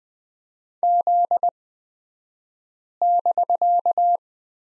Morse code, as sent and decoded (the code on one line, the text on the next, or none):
--.. -...-.-
Z<BK>